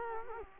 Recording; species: mosquito wingbeat signal from an infrared sensor; Culex quinquefasciatus